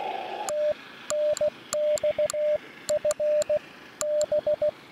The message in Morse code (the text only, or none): TNX FB